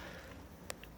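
A section of a Youngman 2.9 m telescopic loft ladder is extended during adjustment, and its locking catch engages with a sharp, bright click at 0.7 s, followed by a fainter tick at 0.8 s over a low steady background hum. The section lock is seated, with the second-to-top red indicator engaged.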